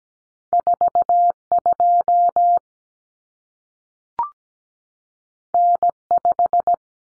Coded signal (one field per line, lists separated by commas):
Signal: Morse code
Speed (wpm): 17 wpm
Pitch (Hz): 700 Hz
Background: none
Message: 42 N5